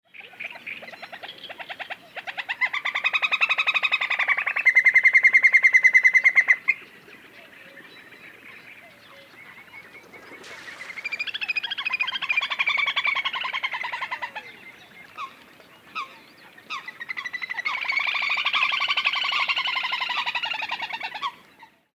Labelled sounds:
Little Grebe
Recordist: Frommolt, Karl-Heinz
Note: Trillern von zumindest drei Zwergtauchern

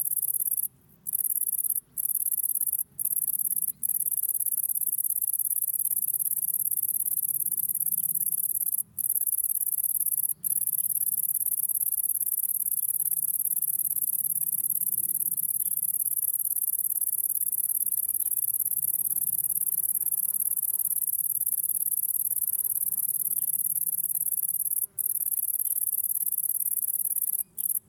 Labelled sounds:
Great Green Bush-cricket
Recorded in the wild
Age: imago
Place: Pähnitz, Thuringia, DE
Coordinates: 51.0365, 12.4784
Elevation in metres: 160
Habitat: fallow field
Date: 2024-07-29 17:49
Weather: 23°C, sunny, no wind
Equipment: Sound Devices MixPre6, 2 Sennheiser MKH8040
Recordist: Frommolt, Karl-Heinz

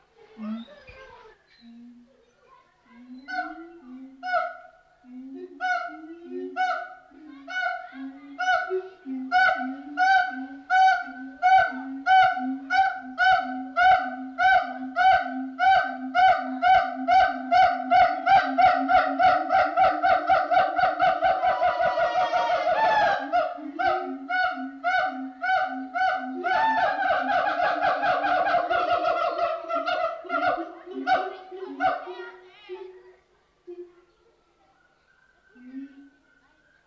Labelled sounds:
Siamang
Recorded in captivity
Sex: pair
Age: adult
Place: Zoo Berlin, Berlin, DE
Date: 1989-04-18
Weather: diesig, 4-7°C
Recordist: Tembrock, Günter

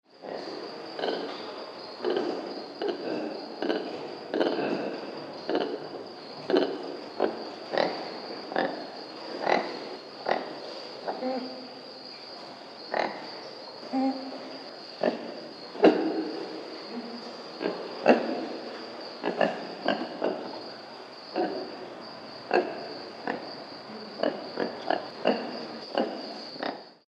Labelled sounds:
Brown Lemur
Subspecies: mayottensis
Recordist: Tembrock, Günter
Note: Weibchen und 2 Männchen: diverse Lauttypen

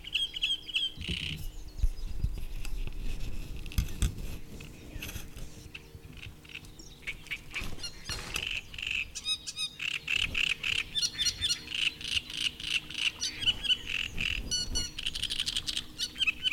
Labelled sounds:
Great Reed Warbler
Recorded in the wild
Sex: male
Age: adult
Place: Seddinsee, Berlin, DE
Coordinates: 52.38, 13.68
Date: 1989-05-19
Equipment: Uher 4400 Report Monitor, Sennheiser ME 80, K 30 AV
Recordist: Fischer, Stefan

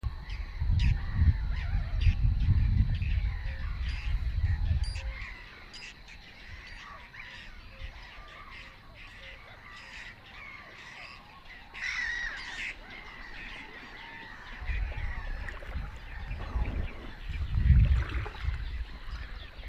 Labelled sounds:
Whiskered Tern call
White-winged Tern
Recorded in the wild
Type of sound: call
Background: Chlidonias leucopterus, Larus ridibundus
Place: Warsow, Kummerower See, Mecklenburg-Vorpommern, DE
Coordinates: 53.8367, 12.8356
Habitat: wetland
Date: 2012-05-24 04:42
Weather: 8°C, sunny, weak winds from NE
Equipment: Sound Devices 702, Sennheiser MKH 70, Rycote Windschutz
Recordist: Frommolt, Karl-Heinz
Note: Polder Große Rosin bei Warsow: Rufe von Weißbartseeschwalben bei der Nahrungssuche. Dazwischen auch eine Weißbartseeschwalbe. Daneben Lachmöwen

